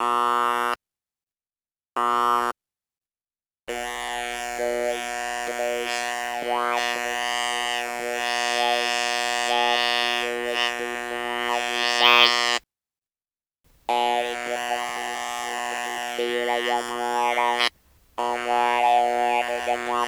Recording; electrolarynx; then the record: speech with an electrolarynx; conventional device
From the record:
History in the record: total laryngectomy